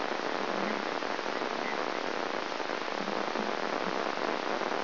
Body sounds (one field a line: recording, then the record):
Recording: brain microelectrode recording played as sound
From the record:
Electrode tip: outside the subthalamic nucleus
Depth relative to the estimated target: -6 mm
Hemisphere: left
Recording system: AlphaMap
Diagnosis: Parkinson's disease